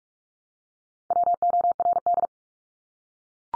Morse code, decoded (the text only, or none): WORD